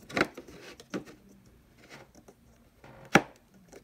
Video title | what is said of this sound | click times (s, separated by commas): 04 to 07 Chevrolet Malibu light replacement and vlog | one actually clicked into place the other ones did not click into place so I don't know what's | 3.2 s